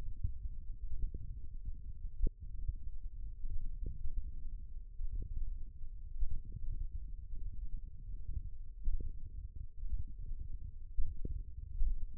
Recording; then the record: forearm muscle sounds (acoustic myography)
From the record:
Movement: thumb flexion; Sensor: system 1, eight BSWA MPA416 microphones around the upper forearm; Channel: 3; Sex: female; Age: 21 years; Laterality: right